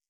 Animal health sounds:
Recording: hydrophone in a shrimp aquaculture tank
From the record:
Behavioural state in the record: stressed

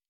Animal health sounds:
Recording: hydrophone in a shrimp aquaculture tank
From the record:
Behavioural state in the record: normal

